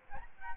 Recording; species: mosquito wingbeat signal from an infrared sensor; Aedes albopictus